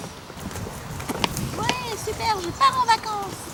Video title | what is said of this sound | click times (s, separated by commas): [ACCESSOIRE] Valise Porteur Vrum Disney Princesse - Démo Jouets | ça se clipse dans les petits anneaux là devant. C'est assez simple. | 1.2 s